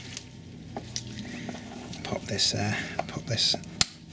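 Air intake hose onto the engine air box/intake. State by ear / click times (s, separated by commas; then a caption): seated / 3.8 s. The air intake hose of a 2003–2008 Audi S4 4.2 V8 (B6/B7) is refitted onto the engine air box/intake while reassembling after an air filter change. Someone talks amid soft handling noises, then a single sharp click at 3.8 s marks the hose seating nice and tight.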